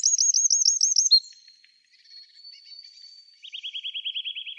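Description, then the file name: Eurasian wren song: a rapid high trill of looping notes, a thin sustained whistle with scattered ticks, then a lower, even rattling trill to the end. "Troglodytes troglodytes"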